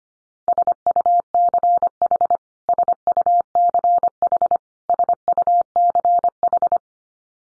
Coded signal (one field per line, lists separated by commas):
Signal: Morse code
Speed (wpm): 25 wpm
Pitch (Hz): 700 Hz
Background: none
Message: SUCH SUCH SUCH